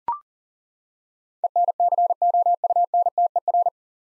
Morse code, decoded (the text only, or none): ENCOUNTER